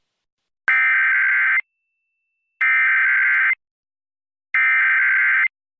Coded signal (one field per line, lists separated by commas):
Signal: Emergency Alert System (SAME) tones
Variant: header bursts